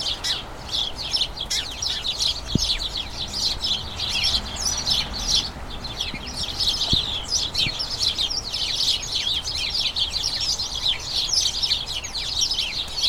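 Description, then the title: Many house sparrows chirping together in an incessant, bubbling chatter, with a few faint clicks in the background. A colony of about a dozen house sparrows chattering incessantly in a small front garden as crocuses bloom, excitement signalling the colony turning toward the breeding season. "Sound Escape. the soothing conversations of a flock of house sparrows"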